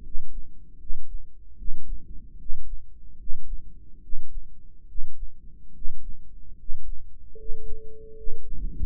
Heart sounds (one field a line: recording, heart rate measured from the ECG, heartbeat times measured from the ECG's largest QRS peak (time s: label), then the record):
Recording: heart sounds by microphone in the right ear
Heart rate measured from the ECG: 74 bpm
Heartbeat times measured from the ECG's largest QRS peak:
0.02 s: heartbeat
0.78 s: heartbeat
1.56 s: heartbeat
2.37 s: heartbeat
3.17 s: heartbeat
4.01 s: heartbeat
4.86 s: heartbeat
5.73 s: heartbeat
6.56 s: heartbeat
7.36 s: heartbeat
8.15 s: heartbeat
From the record:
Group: healthy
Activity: rest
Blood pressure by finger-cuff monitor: 118/74 mmHg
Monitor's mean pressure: 83 mmHg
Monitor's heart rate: 75 bpm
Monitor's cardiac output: 6 L/min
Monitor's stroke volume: 81 mL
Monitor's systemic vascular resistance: 990 dyn s/cm5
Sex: male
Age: 35 years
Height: 180 cm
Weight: 86.9 kg